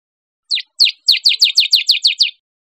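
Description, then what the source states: Bird giving a quick series of about ten high, sharply down-slurred chirps, slightly speeding up after the first two notes, in otherwise silent surroundings. Recorded 1 December 2008.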